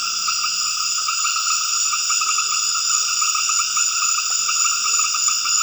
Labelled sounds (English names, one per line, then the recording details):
none
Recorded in dense forest near Puerto Asís, Putumayo, Colombia, on 9 March 2025 at 20:30
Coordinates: 0.481, -76.323
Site G088